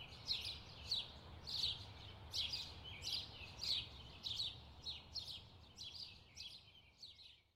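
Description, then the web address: Birds chirping: short high chirps repeated roughly every half second to second in an uneven series, fading toward the end, over a steady low rumble of background noise. Distant birds in a park. "sound-effects-bible Park Birds Distant"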